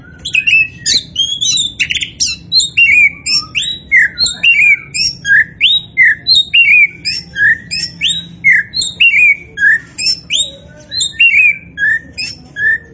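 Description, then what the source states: Oriental magpie-robin repeating short bright whistled and chirped phrases in a steady, rhythmic series. Indonesian local type called Kacer Poci; described as gacor, singing vigorously and continuously.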